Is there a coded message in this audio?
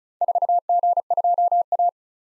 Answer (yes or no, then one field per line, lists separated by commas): yes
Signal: Morse code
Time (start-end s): 0.2-1.9 s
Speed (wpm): 36 wpm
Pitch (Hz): 700 Hz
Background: none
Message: 4G2A